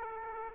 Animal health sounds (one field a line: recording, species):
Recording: mosquito wingbeat signal from an infrared sensor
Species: Aedes aegypti